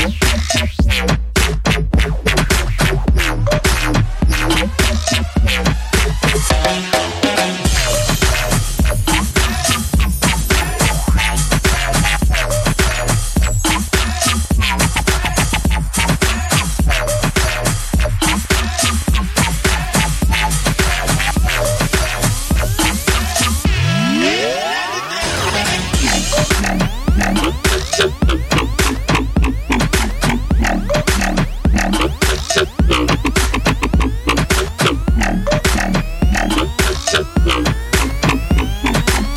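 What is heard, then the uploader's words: Dense, loud robot noises: rapid mechanical clicks and buzzing with sweeping whines, a rising swoop near 24 seconds, then continuous churning to the end. Robot noises.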